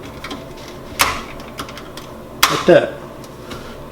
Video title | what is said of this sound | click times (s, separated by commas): Samsung dishwasher upper rack crooked? | so there it clicks into place it's in there | 2.4 s